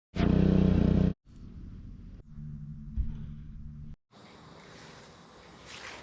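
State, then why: Not seated. A plastic soap bottle is screwed onto a foam cannon, but the threads go on crooked and it cross-threads, so nothing has seated or clicked yet. A loud, tonal burst of sound fills the first second, followed by stretches of low rumbling noise and a brief silence near 4.0 s before a steady broadband hiss.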